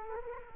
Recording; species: mosquito wingbeat signal from an infrared sensor; Culex quinquefasciatus